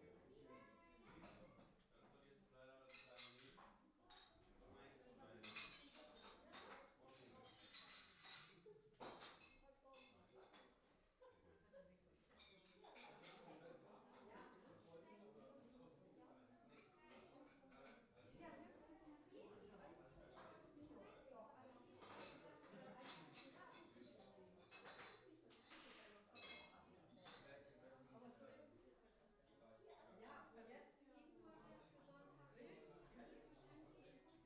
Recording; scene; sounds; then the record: everyday scene through a hearing-aid microphone; many people talking; many voices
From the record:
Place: parish hall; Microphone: behind the ear, left, rear